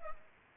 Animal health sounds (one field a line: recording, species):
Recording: mosquito wingbeat signal from an infrared sensor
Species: Culex pipiens